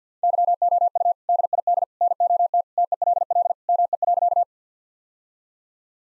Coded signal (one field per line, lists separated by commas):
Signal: Morse code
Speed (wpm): 50 wpm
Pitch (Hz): 700 Hz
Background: none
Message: YOU DID NOT TELL ME.